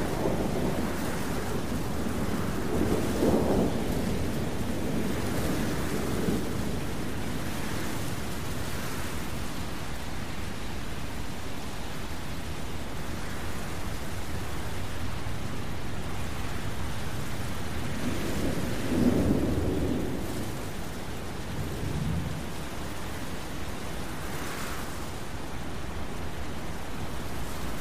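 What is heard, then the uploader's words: A steady, dense roar of wind in a thunderstorm, with deep rolling thunder swelling near the start and again around nineteen seconds. Thunderstorm Sounds for Sleep with Wind White Noise | Lightning & Thunder.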